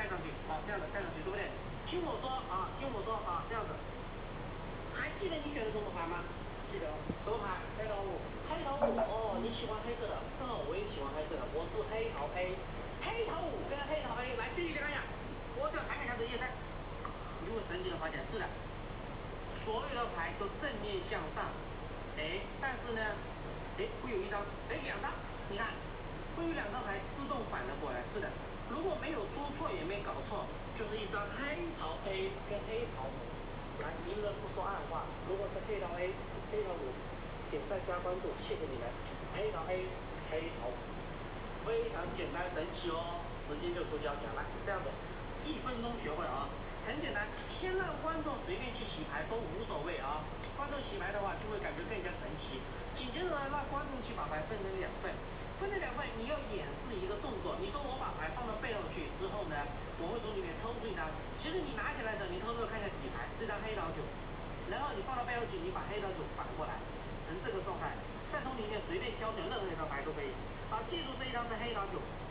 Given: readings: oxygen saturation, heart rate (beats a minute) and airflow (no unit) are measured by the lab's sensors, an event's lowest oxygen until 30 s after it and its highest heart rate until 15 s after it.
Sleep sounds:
a person awake in a sleep study, by a voice recorder at the bedside; none
0.00-72.31 s: awake
From the record:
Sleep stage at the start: awake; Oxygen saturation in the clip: 92 to 93%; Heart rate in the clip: 61 to 68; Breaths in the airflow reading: 23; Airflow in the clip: -4.2 to 4.6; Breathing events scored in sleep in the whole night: 476 in 9.7 hours asleep

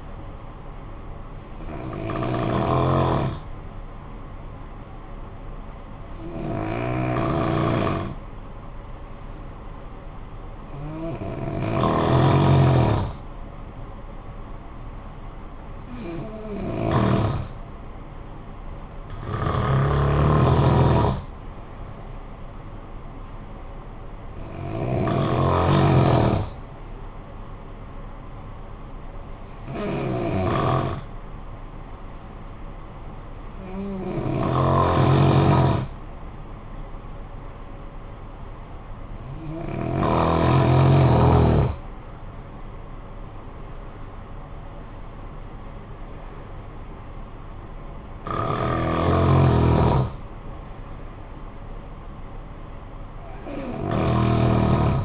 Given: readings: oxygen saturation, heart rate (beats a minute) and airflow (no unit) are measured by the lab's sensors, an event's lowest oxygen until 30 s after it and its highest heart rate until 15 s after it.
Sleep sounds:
breathing in sleep by a smartphone at the bedside; 2
3.00-16.50 s: hypopnea (N2, oxygen 94% highest, then 92% lowest, heart rate 51 at the start, 63 highest)
28.00-42.40 s: hypopnea (N2, oxygen 93% highest, then 91% lowest, heart rate 47 at the start, 65 highest)
From the record:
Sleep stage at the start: N2 (light sleep); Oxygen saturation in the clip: 87 to 95%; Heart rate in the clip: 47 to 65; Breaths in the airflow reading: 12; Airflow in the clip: -9.5 to 5.8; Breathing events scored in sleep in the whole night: 445 in 7.6 hours asleep

